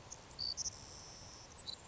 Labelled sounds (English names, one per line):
Savannah Sparrow